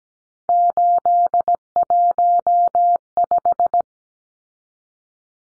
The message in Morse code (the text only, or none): 815